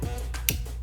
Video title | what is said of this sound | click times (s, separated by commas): Better than a gorillapod - day in the life 001 | click one more time and it's decently tall | 0.5 s